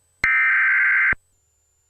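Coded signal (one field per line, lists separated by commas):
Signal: Emergency Alert System (SAME) tones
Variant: header bursts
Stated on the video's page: Parody remix of EAS tones, not a real alert.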